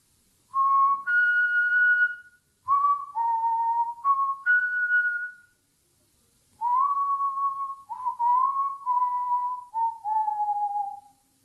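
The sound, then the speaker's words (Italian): A man whistles a simple tune in two phrases separated by a short pause, with clear, pure notes that step and slide in pitch. No one speaks. “Si vedeva spuntare dall'ultima curva prima della piana, si riconosceva dal fischio.”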